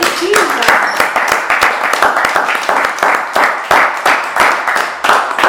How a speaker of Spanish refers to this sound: Un aplauso para eso.